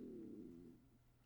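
A brief, low, tonal gurgle lasts under a second; its pitch wavers and slides downward before fading into quiet room noise. It is an adult's ordinary stomach growl, a bowel sound made as the gut moves gas and fluid along.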